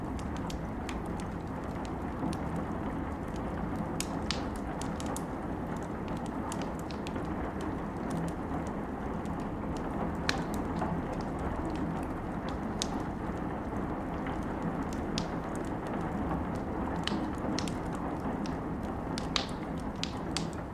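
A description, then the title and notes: A campfire crackles with sharp little pops and snaps scattered irregularly throughout, several every second and clustering in places. Beneath them runs a steady, dense low rush of wind that holds an even level from start to finish. Campfire audio + wind. Campifre sounds with wind in the background.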